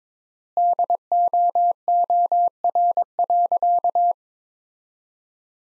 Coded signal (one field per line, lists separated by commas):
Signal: Morse code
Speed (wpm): 22 wpm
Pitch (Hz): 700 Hz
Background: none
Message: DOOR.